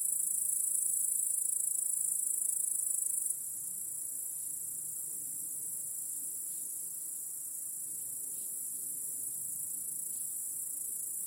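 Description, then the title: High continuous cricket trilling with a low background rumble, loudness falling abruptly after a few seconds and then holding steady. Crickets chorusing in a backyard as day turns to night, during the evening. "Crickets in Your Backyard. Discovering the Sounds of Home"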